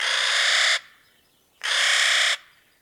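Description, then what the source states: Clark's nutcracker giving two harsh, grating, drawn-out caws, each under a second long, separated by a pause. Caw less melodious than those of related crows and ravens; heard year-round in these pine forests.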